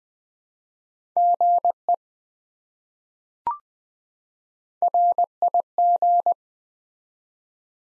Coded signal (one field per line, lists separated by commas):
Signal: Morse code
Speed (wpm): 20 wpm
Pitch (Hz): 700 Hz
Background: none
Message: GE RIG